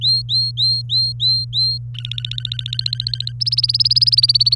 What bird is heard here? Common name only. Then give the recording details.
Domestic Canary. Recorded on 24 April 2018 at 08:16. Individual llb3